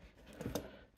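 A plastic Märklin 74470 lantern is pushed onto a Trix model railway switching point. After some soft handling noise, a short, sharp click comes at 0.6 s as it snaps into place. The lantern is seated.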